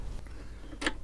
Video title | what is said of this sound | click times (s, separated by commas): Rusty Crusty Kriesler 11-7 Part 2 | okay putting it back in and it did seem to click into place with that | 0.8 s, 0.9 s